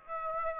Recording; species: mosquito wingbeat signal from an infrared sensor; Aedes aegypti